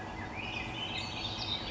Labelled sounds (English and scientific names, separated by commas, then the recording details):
Swainson's Thrush (Catharus ustulatus)
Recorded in Sonoma County, California